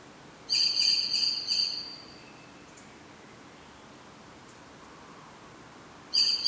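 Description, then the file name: Common blackbird giving a high, buzzy, strained call lasting more than a second, repeated after a long pause, over quiet background hiss. "Turdus merula"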